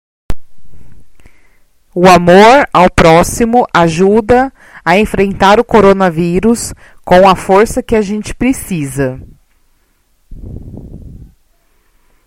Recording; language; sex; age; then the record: spoken sentence; Brazilian Portuguese; female; 20 to 29 years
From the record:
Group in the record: control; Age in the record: 29 years